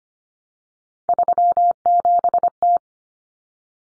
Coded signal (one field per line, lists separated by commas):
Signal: Morse code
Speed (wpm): 25 wpm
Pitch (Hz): 700 Hz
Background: none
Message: 37T